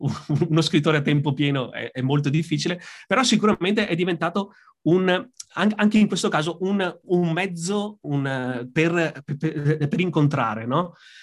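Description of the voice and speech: Adult man speaking Italian with repeated words and sound restarts ("per, per, per"), pauses and prolonged sounds, typical of stuttering. He describes himself as a very severe stutterer; the stuttering has caused him great suffering since adolescence.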